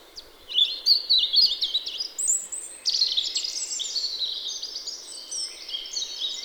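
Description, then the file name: European robin song: rapid, varied high twittering phrases with thin whistles and trills, shifting pitch every second or so, over steady background hiss. "Erithacus rubecula"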